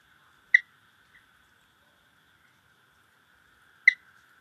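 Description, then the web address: Cliff chirping frog giving two brief, sharp chirps a few seconds apart against a faint continuous high hum. North America. "Songs of Frogs Toads of North America. Cliff Chirping Frog"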